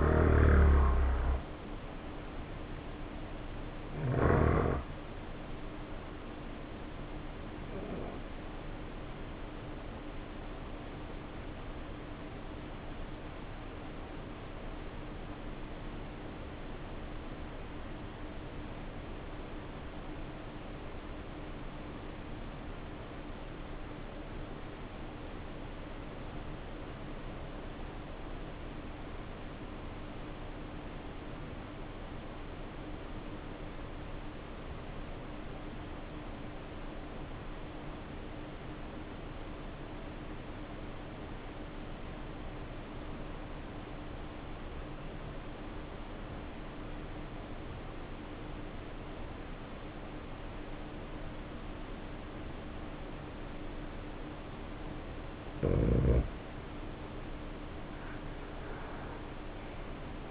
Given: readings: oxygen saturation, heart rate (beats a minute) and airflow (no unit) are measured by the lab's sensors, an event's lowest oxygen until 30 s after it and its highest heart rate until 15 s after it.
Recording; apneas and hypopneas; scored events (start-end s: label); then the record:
breathing in sleep by a voice recorder at the bedside; 1
10.00-53.80 s: obstructive apnea (N1, oxygen 94% highest, then 70% lowest, heart rate 53 at the start, 70 highest)
17.00-60.31 s: new sleep stage, REM sleep
From the record:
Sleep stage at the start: N1 (lightest sleep); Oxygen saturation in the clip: 75 to 94%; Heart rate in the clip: 49 to 71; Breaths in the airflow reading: 4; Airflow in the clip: -6.5 to 7.9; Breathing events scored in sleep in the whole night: 520 in 7.2 hours asleep